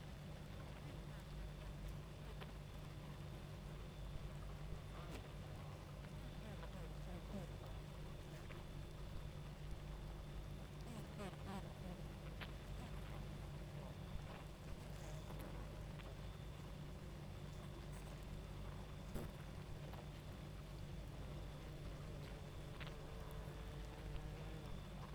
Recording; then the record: honeybee colony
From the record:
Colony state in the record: active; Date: 28 July 2017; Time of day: 23:10